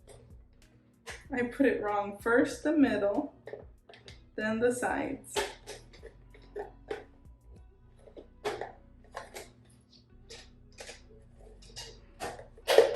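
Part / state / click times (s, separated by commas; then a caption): plastic part of a toilet wand storage caddy going into the caddy base / seated / 9.2 s. Someone talks while reassembling a plastic toilet wand storage caddy after first fitting it wrong, pressing the plastic part into the caddy base middle first and then the sides. Handling taps and knocks sound throughout, and the part clicks into place at 9.2 s, seated.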